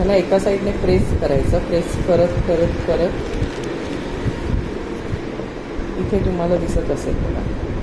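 A plastic lid is pressed down onto a Tupperware food storage container from one side, worked around the rim toward closing the seal, while someone talks over a steady background hum. Nothing has seated or clicked yet; the lid is still being handled when the clip ends.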